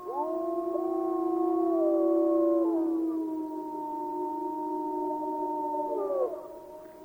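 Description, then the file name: Wolf: wolves howling in chorus, several long steady tones overlapping at different pitches, some holding level while others bend downward, then fading near the end. Recorded 11 January 2016. "YELLWolves 20160111"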